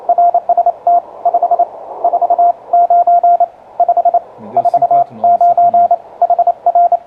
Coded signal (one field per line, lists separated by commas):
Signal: Morse code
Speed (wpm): 29 wpm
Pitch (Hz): 700 Hz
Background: radio noise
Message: RST 549 549 HR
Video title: Correção Rápida e Fácil para Seus CW